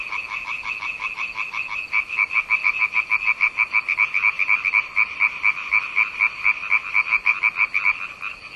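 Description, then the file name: Frog croaks in a dense, rapid rattle, the notes sharpest and loudest through the middle of the passage. "zaby"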